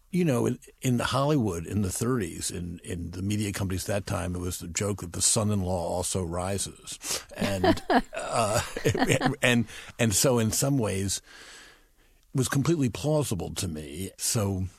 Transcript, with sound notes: You know, in Hollywood in the '30s and the media companies at that time, it was the joke that the son-in-law also rises...
(Laughter).
...And so, in some ways, was completely plausible to me.